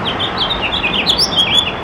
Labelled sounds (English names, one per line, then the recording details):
House Finch song
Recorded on Long Island, New York, on 27 June 2012
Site BE
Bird A